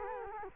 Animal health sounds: mosquito wingbeat signal from an infrared sensor; Culex quinquefasciatus

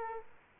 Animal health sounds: mosquito wingbeat signal from an infrared sensor; Aedes aegypti

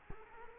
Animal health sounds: mosquito wingbeat signal from an infrared sensor; Culex quinquefasciatus

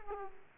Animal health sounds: mosquito wingbeat signal from an infrared sensor; Aedes aegypti

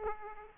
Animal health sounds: mosquito wingbeat signal from an infrared sensor; Aedes aegypti

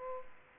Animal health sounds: mosquito wingbeat signal from an infrared sensor; Aedes aegypti

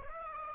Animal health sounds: mosquito wingbeat signal from an infrared sensor; Aedes aegypti

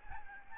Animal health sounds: mosquito wingbeat signal from an infrared sensor; Aedes albopictus

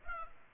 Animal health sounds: mosquito wingbeat signal from an infrared sensor; Culex pipiens

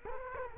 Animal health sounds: mosquito wingbeat signal from an infrared sensor; Culex quinquefasciatus

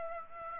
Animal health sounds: mosquito wingbeat signal from an infrared sensor; Aedes aegypti

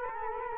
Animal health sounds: mosquito wingbeat signal from an infrared sensor; Culex quinquefasciatus

